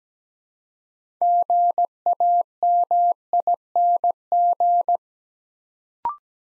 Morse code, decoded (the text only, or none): GAMING